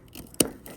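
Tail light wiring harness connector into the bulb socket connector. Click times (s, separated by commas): 0.4 s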